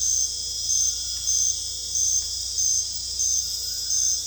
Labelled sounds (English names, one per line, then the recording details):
none
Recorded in dense forest near Puerto Asís, Putumayo, Colombia, on 21 December 2024 at 20:30
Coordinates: 0.486, -76.317
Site G003